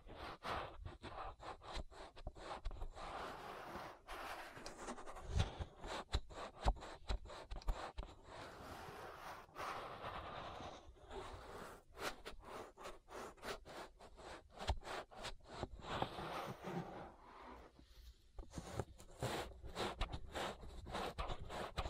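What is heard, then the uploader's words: An ASMR ear massage with close, continuous rubbing and rustling that sweeps across the whole range from low to bright. The texture is dense, broken by frequent quick taps and brief dropouts, with a few sharper bumps around five to seven seconds and a thinner, quieter stretch near seventeen seconds. ASMR Relaxing Ear Massage. (No Talking).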